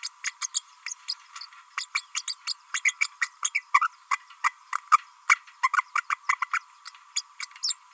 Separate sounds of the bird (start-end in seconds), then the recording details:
0.03-0.09, 0.23-0.31, 0.41-0.47, 0.54-0.61, 0.87-0.94, 1.08-1.14, 1.41-1.46, 1.77-1.86, 1.94-2.03, 2.15-2.22, 2.27-2.35, 2.47-2.54, 2.74-2.81, 2.85-2.94, 3.00-3.08, 3.21-3.29, 3.42-3.50, 3.54-3.62, 3.74-3.80, 4.11-4.18, 4.43-4.51, 5.29-5.36, 5.63-5.69, 5.76-5.83, 5.95-6.02, 6.09-6.16, 6.28-6.37, 6.41-6.46, 6.53-6.59, 6.85-6.90, 7.15-7.21, 7.40-7.46, 7.62-7.75. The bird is a female. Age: 31 days. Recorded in a nest box in Venezuela. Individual 17B32A5